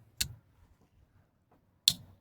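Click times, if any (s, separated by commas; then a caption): 1.9 s. A blade of a 1992 Schatt & Morgan Keystone Series II Trapper #51 pocketknife is worked against its backspring in the handle. A weaker sharp tick sounds at 0.2 s, then a loud, crisp, bright snap at 1.9 s as the blade seats into position.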